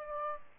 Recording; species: mosquito wingbeat signal from an infrared sensor; Aedes aegypti